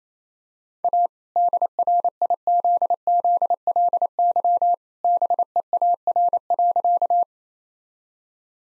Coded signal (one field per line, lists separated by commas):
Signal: Morse code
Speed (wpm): 28 wpm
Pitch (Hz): 700 Hz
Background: none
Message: A DRIZZLY BEAR.